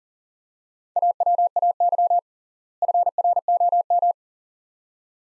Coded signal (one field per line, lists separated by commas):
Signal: Morse code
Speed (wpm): 40 wpm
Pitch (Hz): 700 Hz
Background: none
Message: AWAY FROM